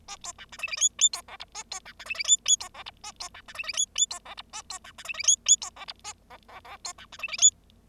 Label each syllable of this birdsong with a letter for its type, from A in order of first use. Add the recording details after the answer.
A B C D E E F F B G H A B C D E E F F B G H A B C D E E F F B G H A B C D E E F F B G H A G G G B C D E E F. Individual Bird0